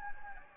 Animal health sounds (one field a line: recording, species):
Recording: mosquito wingbeat signal from an infrared sensor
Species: Anopheles gambiae